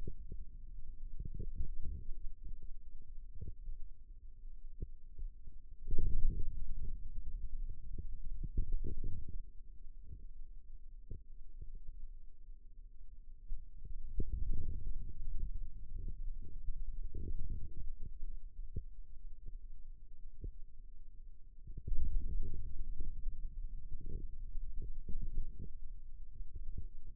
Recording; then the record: forearm muscle sounds (acoustic myography)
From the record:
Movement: radial deviation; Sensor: system 2, bracelet of six BSWA MPA416 microphones around the upper forearm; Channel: 3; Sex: male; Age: 22 years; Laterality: right